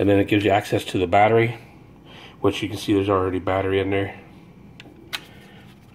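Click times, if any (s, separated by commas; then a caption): none. Someone talks while handling the plastic battery compartment cover, a sliding cover and camera module, on a Potensic F183DH quadcopter body, with a battery already inside. After the talking stops, a few short, sharp handling ticks are heard at about 4.8, 5.2 and 6.0 s. The cover has not yet snapped back in; nothing has seated or clicked yet.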